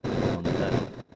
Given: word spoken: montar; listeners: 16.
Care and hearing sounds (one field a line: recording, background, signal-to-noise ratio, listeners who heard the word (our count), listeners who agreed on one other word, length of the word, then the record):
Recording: one Spanish word in noise, from a listening test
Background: noise modulated by one talker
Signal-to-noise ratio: -8.4 dB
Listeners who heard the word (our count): 1 of 16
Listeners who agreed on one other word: 10 of 16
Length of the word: 0.76 s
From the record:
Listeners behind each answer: 10, 3, 1, 1, 1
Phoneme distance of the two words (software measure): 10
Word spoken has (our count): 2 syllables, 6 phonemes, stress on syllable 2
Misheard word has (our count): 2 syllables, 6 phonemes, stress on syllable 2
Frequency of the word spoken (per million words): 14.58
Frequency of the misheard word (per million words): 77.70